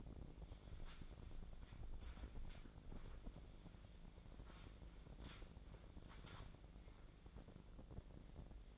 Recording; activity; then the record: daily activity, microphone in the room; wipe stove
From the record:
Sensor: 5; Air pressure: 1012.4 hPa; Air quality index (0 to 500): 158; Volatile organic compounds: 2 ppm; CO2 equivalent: 1075 ppm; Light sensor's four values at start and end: 187/446/191/218 and 187/447/191/220